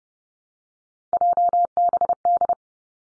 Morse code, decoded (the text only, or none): JBD